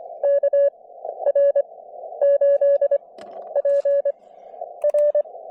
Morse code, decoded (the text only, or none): KR8PR